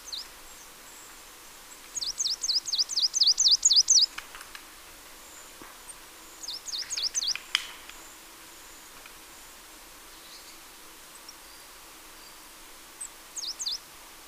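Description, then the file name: Marsh tit with a fast run of high chirping notes for two seconds, a shorter burst a few seconds later, then a final brief pair near the end. "Poecile palustris"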